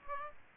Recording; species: mosquito wingbeat signal from an infrared sensor; Aedes aegypti